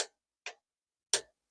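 A click-type torque wrench with a 5/8 socket, set to 17 ft-lbs, tightens a drain plug in the engine case of a Sportster 1200 motorcycle during an engine and transmission oil change. Short sharp ticks are heard at 0.5 s and 1.5 s, with the loud click at 1.1 s. That click confirms the plug is at 17 ft-lb.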